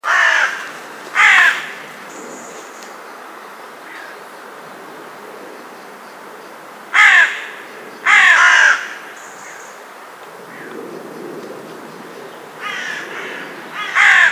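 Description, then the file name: Carrion crow calling in bursts of harsh grating caws, mostly in pairs, with long quiet gaps between and faint other bird notes in the background. "Corvus corone"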